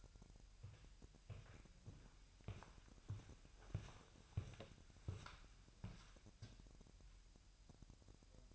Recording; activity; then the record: daily activity, microphone in the room; walk to room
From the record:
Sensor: 2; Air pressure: 1001.8 hPa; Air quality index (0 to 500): 250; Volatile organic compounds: 37 ppm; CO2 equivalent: 3099 ppm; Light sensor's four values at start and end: 5/13/5/5 and 5/12/5/5